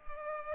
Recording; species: mosquito wingbeat signal from an infrared sensor; Culex pipiens